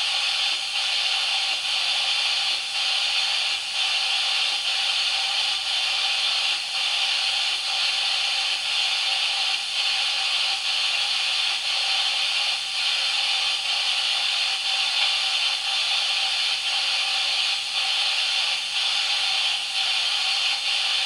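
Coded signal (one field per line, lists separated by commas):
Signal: radio time signal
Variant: DCF77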